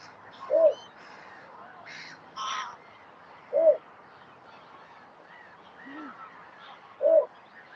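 Bittern calling with brief, hollow, arched notes repeated every three seconds or so, with soft bird chatter in the background.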